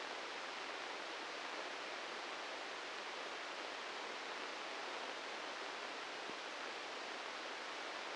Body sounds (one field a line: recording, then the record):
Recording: brain microelectrode recording played as sound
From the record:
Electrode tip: inside the subthalamic nucleus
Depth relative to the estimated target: 2 mm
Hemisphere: right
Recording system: NeuroSet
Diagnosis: Parkinson's disease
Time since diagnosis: 10 years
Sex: male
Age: 56 years